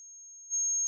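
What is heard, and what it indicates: A simulated tinnitus sound: a steady, high-pitched pure tone around 6–7 kHz that starts faint and abruptly grows louder about halfway through, then holds.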